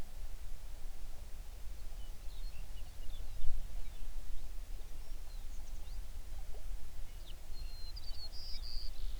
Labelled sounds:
songbird
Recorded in the Prudhoe Bay oil fields, Alaska, on 11 June 2019 at 05:19
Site 21

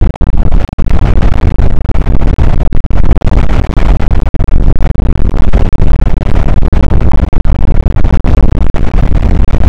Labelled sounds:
wind
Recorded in the Prudhoe Bay oil fields, Alaska, on 8 May 2019 at 00:05
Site 24

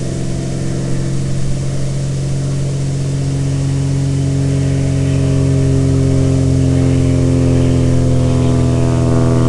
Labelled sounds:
aircraft
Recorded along the Dalton Highway, Alaska, on 10 September 2019 at 17:20
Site 01

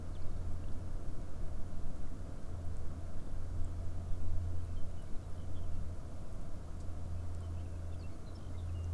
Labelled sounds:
songbird
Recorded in the Arctic National Wildlife Refuge, Alaska, on 21 May 2019 at 12:19
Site 38

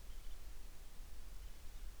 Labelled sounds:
wind
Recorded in the Prudhoe Bay oil fields, Alaska, on 10 July 2019 at 09:18
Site 11

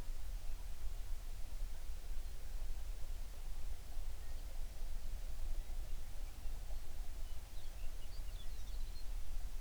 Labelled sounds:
songbird
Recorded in the Prudhoe Bay oil fields, Alaska, on 11 June 2019 at 05:25
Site 21

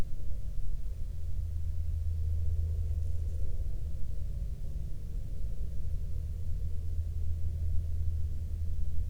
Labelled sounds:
aircraft
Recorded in the Prudhoe Bay oil fields, Alaska, on 19 July 2019 at 15:26
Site 24

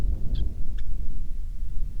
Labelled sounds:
bird, wind
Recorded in the Prudhoe Bay oil fields, Alaska, on 10 July 2019 at 09:25
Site 11

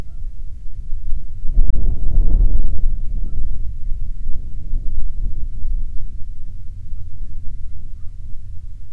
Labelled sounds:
waterfowl, wind
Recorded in the Prudhoe Bay oil fields, Alaska, on 29 June 2019 at 00:53
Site 22

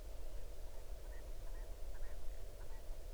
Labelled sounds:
grouse or ptarmigan
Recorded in the Arctic National Wildlife Refuge, Alaska, on 8 June 2019 at 00:16
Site 40

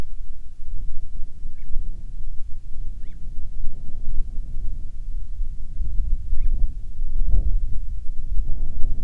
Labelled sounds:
bird, wind
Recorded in the Prudhoe Bay oil fields, Alaska, on 10 July 2019 at 14:01
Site 14

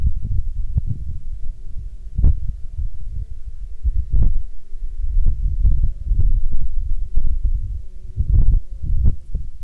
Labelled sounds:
insects
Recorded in Ivvavik National Park, Yukon, on 27 June 2019 at 20:36
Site SINP09

